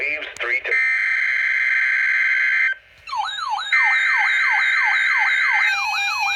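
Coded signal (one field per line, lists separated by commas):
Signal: Emergency Alert System (SAME) tones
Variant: header bursts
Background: speech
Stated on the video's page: Required Weekly Test from NOAA Weather Radio station in Milwaukee, WI.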